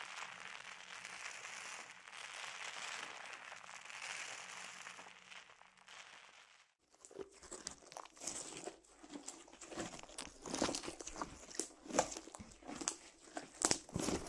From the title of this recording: Bubble Wrap, Sponge